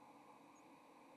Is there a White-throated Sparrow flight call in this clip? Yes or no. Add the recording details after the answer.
no. Another species' flight call is heard. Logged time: 07:21 on 30 October 2014